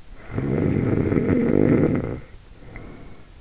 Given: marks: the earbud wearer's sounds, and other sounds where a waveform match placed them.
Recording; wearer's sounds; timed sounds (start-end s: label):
sounds in sleep by an in-ear microphone; snoring breath
0.16-3.41 s: snoring breath